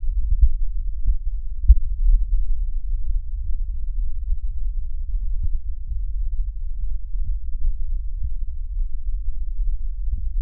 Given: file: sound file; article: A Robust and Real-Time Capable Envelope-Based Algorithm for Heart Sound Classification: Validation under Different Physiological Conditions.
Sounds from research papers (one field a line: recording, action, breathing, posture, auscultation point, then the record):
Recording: heart sounds by electronic stethoscope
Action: rest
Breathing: normal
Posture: sitting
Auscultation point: left side of the back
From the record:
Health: healthy, no known heart disease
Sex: male